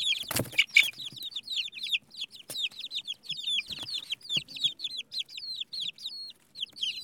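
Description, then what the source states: Chicken chicks giving rapid, high-pitched peeps, each a quick bent chirp, almost without pause, with occasional thumps. Baby chicks.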